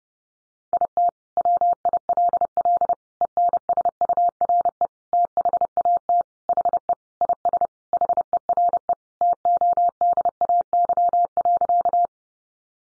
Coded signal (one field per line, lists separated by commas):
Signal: Morse code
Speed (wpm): 30 wpm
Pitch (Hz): 700 Hz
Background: none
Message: IT WILL ENSURE THAT HE IS HERE TODAY.